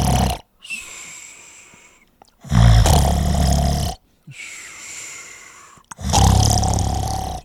Human sound effects snoring.